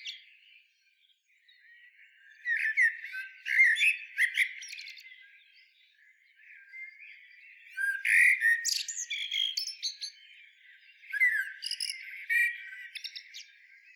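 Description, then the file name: Common blackbird delivering three song phrases a few seconds apart, mellow warbled notes mixed with sharp, high twittering ends. "Turdus merula"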